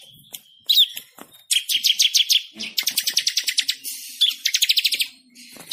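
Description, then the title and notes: Bird singing rapid trilled phrases of high chirps, one after another, interspersed with short clicks and a brief quiet spell at the end. Bird with a melodious voice. "Burung Dengan Suara Merdu"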